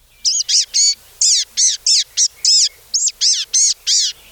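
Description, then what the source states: Blue-gray Gnatcatcher call notes: about a dozen thin, high, wheezy notes in quick, slightly uneven succession. The commonly heard vocalization, thin, wheezy call notes; a petite bird with a soft voice.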